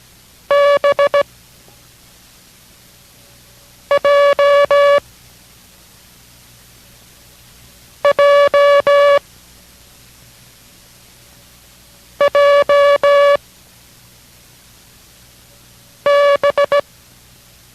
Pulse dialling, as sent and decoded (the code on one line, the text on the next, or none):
none